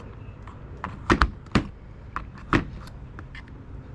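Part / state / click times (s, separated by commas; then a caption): aerator spike into sandal sole / seated / 1.2 s, 2.5 s. Plastic aerator spikes are pressed into the holes of a plastic sandal sole with the included tool, part of a set of lawn aerator spike sandals. Sharp plastic snaps stand out over a low background, with the spikes clicking into place at 1.2 s and 2.5 s, among other handling taps and knocks. The spikes seat, snapping right in.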